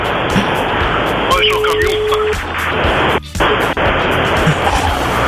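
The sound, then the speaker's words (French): Steady, loud car noise: a dense, rushing roar with low rumble throughout, a short sustained tone partway in and a brief dip near the end before the roar resumes. “Le bruit de voiture.”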